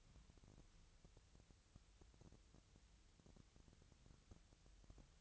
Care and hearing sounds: daily activity, microphone in the room; wipe stove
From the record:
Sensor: 3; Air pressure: 1001.6 hPa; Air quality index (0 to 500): 223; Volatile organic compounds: 30 ppm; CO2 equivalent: 2961 ppm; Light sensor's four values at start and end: 11/33/14/12 and 11/33/14/12

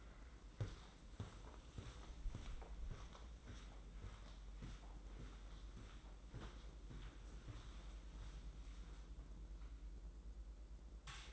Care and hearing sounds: daily activity, microphone in the room; walk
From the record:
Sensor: 3

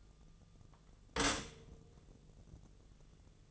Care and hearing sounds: daily activity, microphone in the room; stop toaster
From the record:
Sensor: 4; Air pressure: 1001.1 hPa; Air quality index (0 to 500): 163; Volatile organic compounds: 2 ppm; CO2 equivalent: 1186 ppm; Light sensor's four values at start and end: 16/36/15/16 and 16/37/16/16

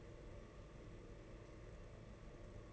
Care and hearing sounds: daily activity, microphone in the room; take from stove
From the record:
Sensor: 4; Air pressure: 992.8 hPa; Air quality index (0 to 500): 175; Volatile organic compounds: 323 ppm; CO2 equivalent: 4531 ppm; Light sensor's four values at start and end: 4/10/4/4 and 4/10/4/4

